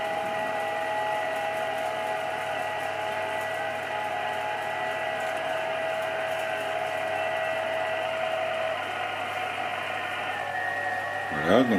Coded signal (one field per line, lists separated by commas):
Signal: FT8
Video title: Tuto FT8 depuis smartphone vers Xiegu G90 sans CAT CONTROL